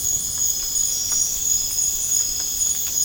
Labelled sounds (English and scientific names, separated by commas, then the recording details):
none
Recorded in pastures near Puerto Asís, Putumayo, Colombia, on 25 June 2025 at 01:30
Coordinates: 0.496, -76.326
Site GP01